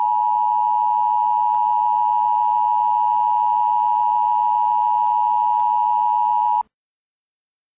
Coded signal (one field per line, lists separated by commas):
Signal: Emergency Alert System (SAME) tones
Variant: 853 and 960 Hz attention tone